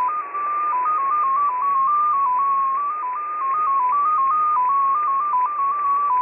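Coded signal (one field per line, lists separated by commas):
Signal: multi-tone FSK (Olivia or MFSK type)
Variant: XPA2, 14-tone MFSK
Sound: a single tone hopping between several nearby pitches in slow steady steps over hiss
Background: radio static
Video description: XPA2 is a digital mode of the Russian 7 operator. It utilizes a custom 14-tone MFSK system.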